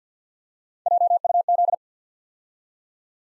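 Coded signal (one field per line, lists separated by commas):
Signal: Morse code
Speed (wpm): 50 wpm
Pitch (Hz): 700 Hz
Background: none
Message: JUZ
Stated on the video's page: Morse practice at 50 wpm: random three-character letter-number groups sent twice for head-copy.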